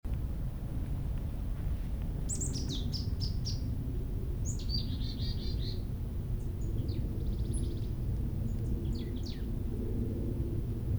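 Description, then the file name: Marsh Tit calls: sharp high notes followed by buzzy chattering phrases, given in a few bursts between about two and nine seconds over steady low background rumble. "Poecile palustris"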